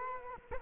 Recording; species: mosquito wingbeat signal from an infrared sensor; Culex quinquefasciatus